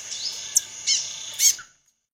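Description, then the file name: Rufous-headed tanager song: a few very high, thin sibilant notes, the last phrase a brief rapid buzzy flourish, ending in silence. "canto da saira ferrugem"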